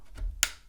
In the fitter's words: and there you go nice positive click that isn't going anywhere now that's that's held on there that's